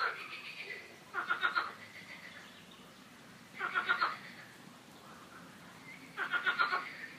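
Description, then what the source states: Frog croaks, three loud rapid pulsed bursts about two and a half seconds apart, with fainter calls between them. Frogs croaking in a park; the calls are described as a quack-like 'coin-coin'.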